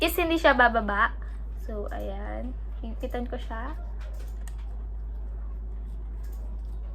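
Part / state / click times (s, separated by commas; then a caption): tripod height lock knob on extendable tripod pole / not seated / none. Someone talks while tightening the height lock knob on an extendable ring light tripod pole so the section will not slide down. Faint handling taps follow, with sharper ticks around 4.5 s and 6.3 s. The part has not seated or clicked yet.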